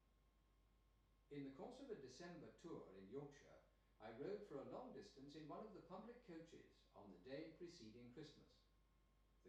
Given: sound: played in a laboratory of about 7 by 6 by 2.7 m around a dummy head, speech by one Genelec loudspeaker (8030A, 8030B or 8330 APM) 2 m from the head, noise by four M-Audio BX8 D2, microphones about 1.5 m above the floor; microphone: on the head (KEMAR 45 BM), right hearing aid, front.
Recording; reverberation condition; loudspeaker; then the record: male speech in English; medium; 60 degrees to the left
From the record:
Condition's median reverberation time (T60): about 510 ms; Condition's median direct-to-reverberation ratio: about -0.5 dB